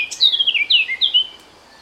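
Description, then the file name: Eurasian blackcap song, a short phrase of clear, fluty whistled notes sliding up and down, ending abruptly. "Sylvia atricapilla"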